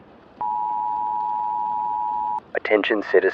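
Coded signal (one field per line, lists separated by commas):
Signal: Emergency Alert System (SAME) tones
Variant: 853 and 960 Hz attention tone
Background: speech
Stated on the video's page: Fictional Purge-themed EAS radio ambience.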